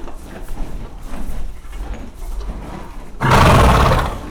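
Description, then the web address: Horse, a loud breathy snort lasting about a second near the end, after soft rustling, shuffling and knocking sounds. Horse in a stable on a farmyard while hay is being put in. "allathangok parasztudvar lo istallobanszenatesznek"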